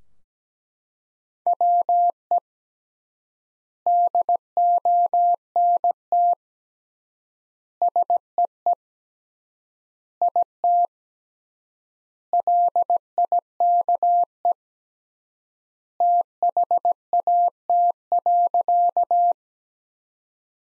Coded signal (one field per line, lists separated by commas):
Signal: Morse code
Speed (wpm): 17 wpm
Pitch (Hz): 700 Hz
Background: none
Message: WE DONT SEE IT LIKE THAT.